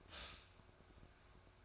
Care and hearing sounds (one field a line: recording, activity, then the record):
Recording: daily activity, microphone in the room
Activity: stop toaster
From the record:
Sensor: 2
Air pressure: 1004.1 hPa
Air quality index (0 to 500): 192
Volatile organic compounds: 11 ppm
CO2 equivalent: 2303 ppm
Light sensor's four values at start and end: 4/10/4/4 and 4/10/4/4